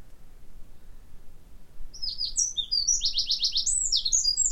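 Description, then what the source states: Eurasian wren giving a quick burst of high, hard, rattling notes that rise in loudness, over a steady low background rumble. Recorded 29 October 2019.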